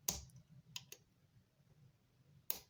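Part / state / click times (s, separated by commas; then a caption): spring clip of chain connecting link onto link pins / seated / 2.5 s. The steel spring clip of the primary chain connecting link is pushed over the link pins on a BSA Bantam primary drive, with sharp metallic taps at about 0.1, 0.8 and 0.9 seconds over a low steady hum as it is tried several times. At 2.5 seconds a crisp, bright click sounds as the clip snaps home, and the connecting link clip is seated.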